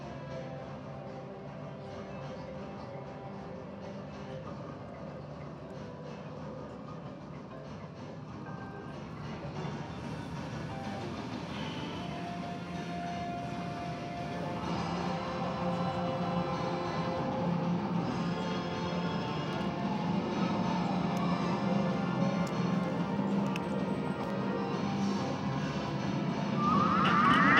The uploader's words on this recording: Int Coney Island Arcade IV, Arcade Games by Bandeto.